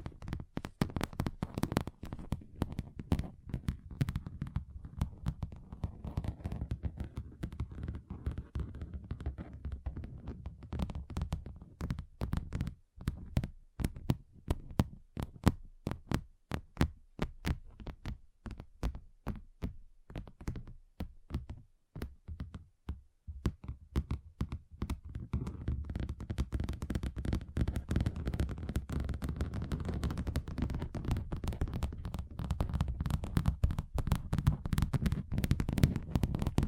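Fingers tap on a table in quick, uneven runs of sharp knocks with a dull low thud under each hit. The tapping is dense early on, thins out through the middle with brief pauses, then picks up again in a fuller, busier stretch near the end.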